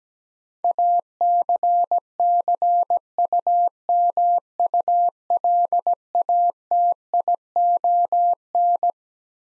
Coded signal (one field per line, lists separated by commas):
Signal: Morse code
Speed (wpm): 17 wpm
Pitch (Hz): 700 Hz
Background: none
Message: ACCUMULATION